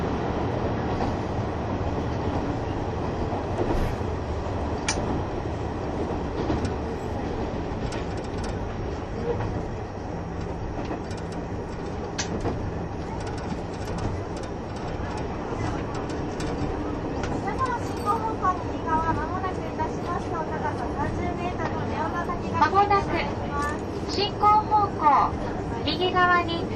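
Running sound from inside the KiHa 71 Yufuin no Mori diesel train: a steady, dense low rumble with scattered clicks and rattles throughout. From about seventeen seconds, voices talking join in and grow livelier toward the end.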